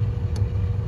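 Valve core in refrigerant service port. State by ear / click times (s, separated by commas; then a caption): released / 0.4 s. A valve core removal tool keeps spinning the metal valve core in the refrigerant service port of a Trane rooftop unit, over a steady low rumbling hum. A short, sharp skip-click at 0.4 seconds signals that the core is fully unthreaded and the threads are no longer catching. The core is released, all the way out.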